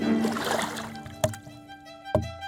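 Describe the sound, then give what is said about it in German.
Wooden oars of an elector's barge on the Havel river dip into water twice, each stroke a brief watery splash about a second apart, over a steady low tonal hum and soft lapping. “Die hölzernen Hände der kurfürstlichen Barke haben sich wieder ins Wasser geschoben, lassen abgefallene Blätter durch ihre barocken Gesten rinnen.”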